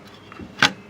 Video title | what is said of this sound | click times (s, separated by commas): Mounting pictures for the kids area at the table Rock Museum train exhibit | he's lining it up very carefully along the edge I'm gonna help him hold it puts it in so it locks in place | 0.6 s